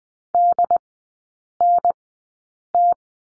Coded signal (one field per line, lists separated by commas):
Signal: Morse code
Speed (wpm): 20 wpm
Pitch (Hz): 700 Hz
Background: none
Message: DNT